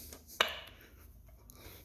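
A rubber spark plug boot with its terminal is pushed onto a spark plug wire on an OMC Universal outboard magneto. Faint handling noise leads into one sharp, loud snap at 0.4 s as the boot seats onto the terminal. After that, only a couple of small ticks and low background hum are heard.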